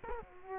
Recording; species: mosquito wingbeat signal from an infrared sensor; Culex quinquefasciatus